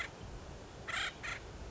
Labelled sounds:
Acorn Woodpecker (Melanerpes formicivorus)
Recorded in Sonoma County, California

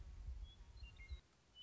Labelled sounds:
Western Meadowlark (Sturnella neglecta)
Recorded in Sonoma County, California

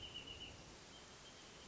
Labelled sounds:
Wrentit (Chamaea fasciata)
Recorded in Sonoma County, California

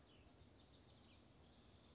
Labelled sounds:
California Towhee (Melozone crissalis)
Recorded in Sonoma County, California

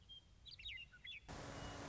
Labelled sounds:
Western Meadowlark (Sturnella neglecta)
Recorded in Sonoma County, California

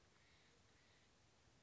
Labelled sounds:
Steller's Jay (Cyanocitta stelleri)
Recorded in Sonoma County, California

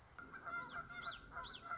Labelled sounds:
Common Yellowthroat (Geothlypis trichas)
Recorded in Sonoma County, California

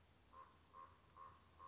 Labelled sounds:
California Towhee (Melozone crissalis)
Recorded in Sonoma County, California

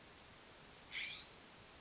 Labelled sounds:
California Scrub-Jay (Aphelocoma californica)
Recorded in Sonoma County, California

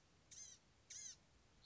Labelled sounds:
Blue-gray Gnatcatcher (Polioptila caerulea)
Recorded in Sonoma County, California

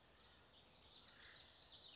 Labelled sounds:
Acorn Woodpecker (Melanerpes formicivorus)
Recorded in Sonoma County, California

